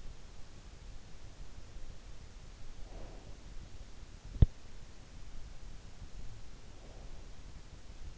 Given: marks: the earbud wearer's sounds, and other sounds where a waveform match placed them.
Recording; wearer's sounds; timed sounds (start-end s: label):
sounds in sleep by an in-ear microphone; breath
2.38-4.17 s: breath
6.35-7.87 s: breath